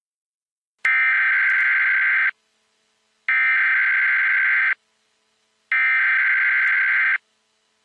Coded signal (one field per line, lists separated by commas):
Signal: Emergency Alert System (SAME) tones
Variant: header bursts